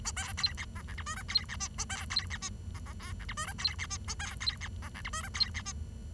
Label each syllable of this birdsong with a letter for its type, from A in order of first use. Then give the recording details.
A B C D E F G H I C D J A B C D J E E K F G H I C D J A B C D E F G H I C D J. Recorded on 23 June 2012 at 10:24. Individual gr41rd51